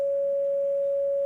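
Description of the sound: A steady, unbroken single tone from a heart monitor when the heart is flatlined (asystole alarm), simulated. It is also the sound of a brain monitor when there is no more brain activity: the sound of death.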